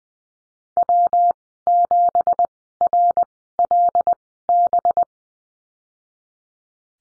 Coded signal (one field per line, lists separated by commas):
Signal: Morse code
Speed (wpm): 20 wpm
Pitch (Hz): 700 Hz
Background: none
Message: W7RLB